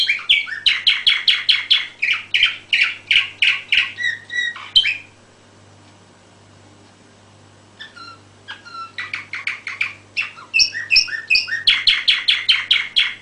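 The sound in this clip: Canary song with long runs of quick repeated chirps, a short quiet gap in the middle, then more trills and fast warbled phrases.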